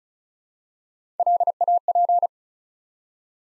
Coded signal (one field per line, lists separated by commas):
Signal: Morse code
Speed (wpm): 36 wpm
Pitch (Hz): 700 Hz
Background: none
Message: LAP